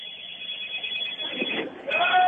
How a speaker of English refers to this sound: What is that noise in the background now? Hold on for a minute. Some phone's Jesus ringing Christ. Some phone's ringing in here.